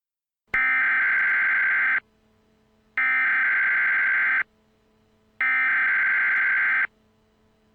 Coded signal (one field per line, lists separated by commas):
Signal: Emergency Alert System (SAME) tones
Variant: header bursts